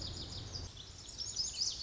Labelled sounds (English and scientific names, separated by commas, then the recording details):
Lazuli Bunting (Passerina amoena)
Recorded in Sonoma County, California